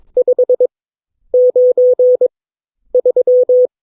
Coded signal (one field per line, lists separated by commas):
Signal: Morse code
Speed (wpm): 23 wpm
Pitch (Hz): 500 Hz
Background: none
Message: 593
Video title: CW Class - Session 8 (2026-03-12)